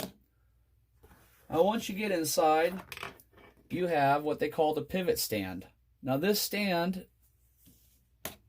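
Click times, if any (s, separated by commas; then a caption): 8.2 s. Someone talks, and then a thumb-sized Insta360 GO 2 action camera is pressed into its plastic pivot stand mount, clipping in magnetically. It seats with a single sharp snap at 8.3 seconds.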